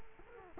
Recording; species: mosquito wingbeat signal from an infrared sensor; Culex quinquefasciatus